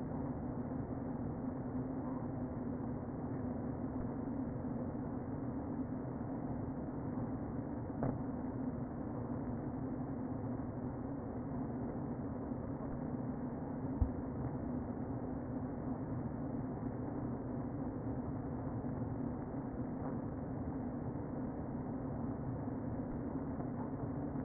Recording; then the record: honeybee colony, microphone inside the hive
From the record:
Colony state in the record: queen present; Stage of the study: before two queens were removed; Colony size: about 60,000 bees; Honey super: yes